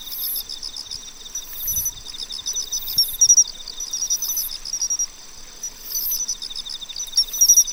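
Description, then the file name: Pine cricket: quick clear chirps in the middle and near the end, layered over a steady shrill insect trill and regularly pulsing high buzzes. "Matsumushi"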